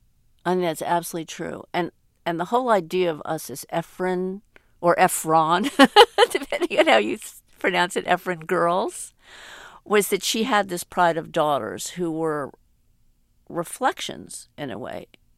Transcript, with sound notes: I mean, that's absolutely true. And the whole idea of us as Ephron or Ephron...
(LAUGHTER)
... depending on how you pronounce it - Ephron girls - was that she had this pride of daughters who were reflections, in a way,